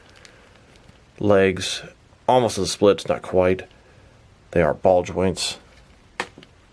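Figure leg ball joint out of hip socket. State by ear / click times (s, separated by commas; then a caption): released / 6.2 s. Someone talks while posing a plastic action figure's legs, with ball joints, in a wide split. At 6.2 s the leg's ball joint pops out of the hip socket with a sharp pop; it pops off easily but is not broken.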